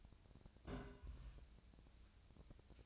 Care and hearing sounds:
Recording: daily activity, microphone in the room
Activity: place on stove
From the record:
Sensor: 2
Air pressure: 999.8 hPa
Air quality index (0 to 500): 123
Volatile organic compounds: 2 ppm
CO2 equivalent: 1058 ppm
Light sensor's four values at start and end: 30/74/32/36 and 30/73/32/36

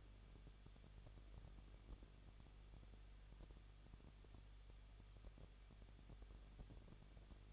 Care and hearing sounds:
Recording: daily activity, microphone in the room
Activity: no activity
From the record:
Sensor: 4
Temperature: 23.0 degrees Celsius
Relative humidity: 34.2%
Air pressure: 1007.3 hPa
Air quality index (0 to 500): 214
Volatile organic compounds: 14 ppm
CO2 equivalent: 2460 ppm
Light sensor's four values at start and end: 2/3/1/1 and 2/3/1/1

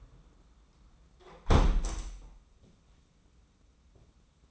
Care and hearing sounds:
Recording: daily activity, microphone in the room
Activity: close window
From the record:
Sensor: 1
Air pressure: 994.4 hPa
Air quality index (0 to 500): 215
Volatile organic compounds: 1000 ppm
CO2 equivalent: 7720 ppm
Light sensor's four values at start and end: 73/160/72/76 and 74/161/73/76

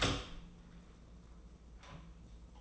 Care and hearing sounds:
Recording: daily activity, microphone in the room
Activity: open door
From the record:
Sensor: 1

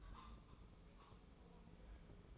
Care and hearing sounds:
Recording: daily activity, microphone in the room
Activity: take from stove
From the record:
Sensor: 1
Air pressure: 995.5 hPa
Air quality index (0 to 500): 29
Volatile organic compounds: 1 ppm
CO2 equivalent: 548 ppm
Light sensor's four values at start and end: 29/102/39/40 and 29/102/39/40

